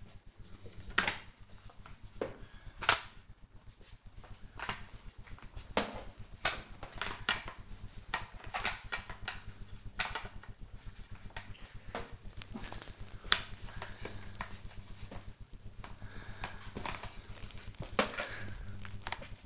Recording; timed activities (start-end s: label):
household activities, microphone on the right wrist
0.00-19.46 s: floor cleaning